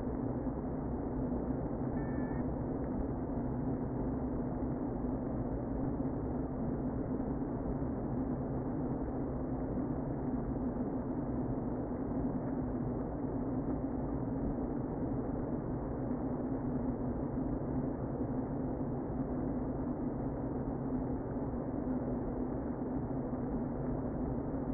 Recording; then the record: honeybee colony, microphone inside the hive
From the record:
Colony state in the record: queen present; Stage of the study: before two queens were removed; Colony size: about 60,000 bees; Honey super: yes